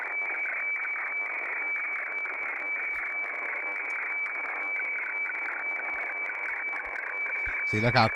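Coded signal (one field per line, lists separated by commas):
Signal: weather fax (radiofax)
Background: speech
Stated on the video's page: Heard while scanning the airwaves with an SDR.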